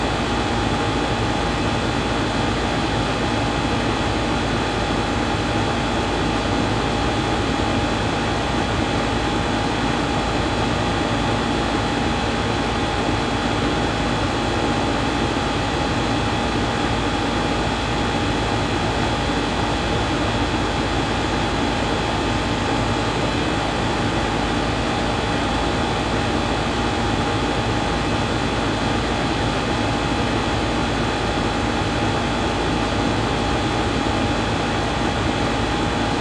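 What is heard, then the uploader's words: An HVAC system hums steadily through the whole recording, a dense, even drone with a low rumble and a faint airy hiss on top. Nothing changes in level or character; a few steady tones sit within the hum, and no other sounds break through. House Noises: HVAC Humming.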